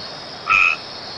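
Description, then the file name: White-edged treefrog giving a single brief, steady honking note, with a high, even background drone throughout. "Boana albomarginata"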